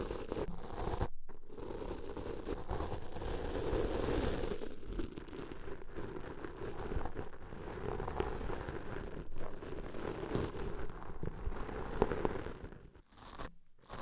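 Deep ear cleaning with a continuous crunchy, scraping rustle that sounds muffled and low-heavy. The texture is dense and busy, with brief near-silent breaks around one second and thirteen seconds and a few sharp clicks near twelve seconds.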